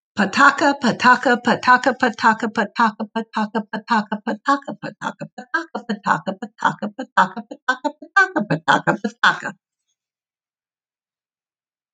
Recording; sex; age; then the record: repeated syllables /pa ta ka/; female; 60 to 69 years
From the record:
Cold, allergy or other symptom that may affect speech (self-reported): no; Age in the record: 68 years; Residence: North Carolina, United States